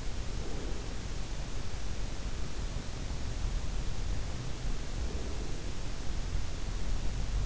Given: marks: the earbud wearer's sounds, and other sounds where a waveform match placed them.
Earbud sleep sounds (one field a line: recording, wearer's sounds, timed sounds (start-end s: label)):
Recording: sounds in sleep by an in-ear microphone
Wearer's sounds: breath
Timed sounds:
0.00-1.48 s: breath
4.78-6.31 s: breath